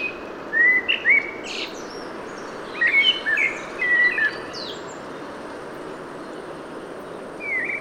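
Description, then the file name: Common blackbird: fluty whistles and high twittering notes in short bursts over steady background noise. "Turdus merula"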